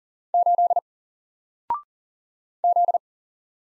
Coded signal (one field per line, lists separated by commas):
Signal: Morse code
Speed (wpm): 40 wpm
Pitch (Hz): 700 Hz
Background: none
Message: 8 Z